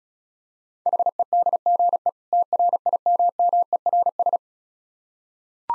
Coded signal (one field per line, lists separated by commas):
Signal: Morse code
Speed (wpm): 36 wpm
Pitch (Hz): 700 Hz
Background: none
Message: HEDGE TRIMMERS